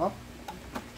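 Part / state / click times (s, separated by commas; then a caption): grater drum into the slicer housing / seated / 0.5 s, 0.8 s. Someone talks as the grater drum of an Edmark Smart Drum Super Slicer Grater and Shredder is twisted into its holder in the slicer housing. Two short ticking clicks sound at 0.5 s and 0.8 s as the lock engages. The drum is seated and locked so it will not come off.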